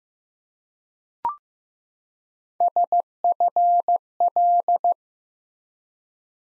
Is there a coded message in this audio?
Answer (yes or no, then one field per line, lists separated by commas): yes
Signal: Morse code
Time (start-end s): 2.6-4.9 s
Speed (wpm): 15 wpm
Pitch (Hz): 700 Hz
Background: none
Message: SFL